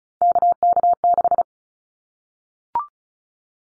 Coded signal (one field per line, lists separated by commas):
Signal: Morse code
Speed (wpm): 34 wpm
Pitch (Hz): 700 Hz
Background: none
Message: KK6